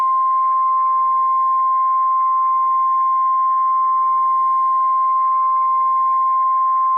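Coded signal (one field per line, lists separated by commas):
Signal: Emergency Alert System (SAME) tones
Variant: 1050 Hz attention tone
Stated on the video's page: Recorded from an online stream of a NOAA Weather Radio station in Melbourne, Florida, carrying Hurricane Sandy alerts.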